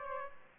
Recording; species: mosquito wingbeat signal from an infrared sensor; Aedes aegypti